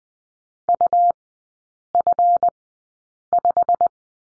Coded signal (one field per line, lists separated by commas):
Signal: Morse code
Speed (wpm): 20 wpm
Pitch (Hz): 700 Hz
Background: none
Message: UF5